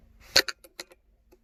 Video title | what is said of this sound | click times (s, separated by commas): Fiat 500l 500 l doblo 2016 2017 2018 Air bag removal steering wheel removal | basically and that's when you can hear it clicking is when it's falling off so that pushes in | 0.4 s, 0.5 s, 0.8 s